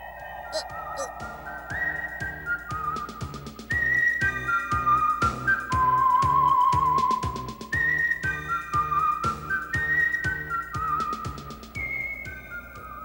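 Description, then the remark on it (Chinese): In a Dragon Ball film, a tune is whistled in clear, high sustained notes that step and slide between pitches, over a steady, rhythmic percussive backing at moderate volume. It is the whistle used to make the 'fast dragon' dance. “比哥叔叔， 快点吹口哨啊！”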